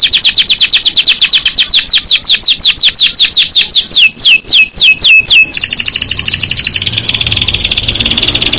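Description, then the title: Canary song: a long run of quick downward-swooping whistles repeated several times a second, then a rapid buzzy trill. Song to warm up and stimulate Belgian canaries; black-red canary singing actively (gacor). "Canto Para Esquentar Canário Belga. Suara Burung Kenari Black red Gacor Dor"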